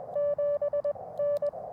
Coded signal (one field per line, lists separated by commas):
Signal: Morse code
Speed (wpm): 21 wpm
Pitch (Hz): 560 Hz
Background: none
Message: 7N